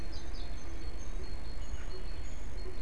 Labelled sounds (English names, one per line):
Great Tit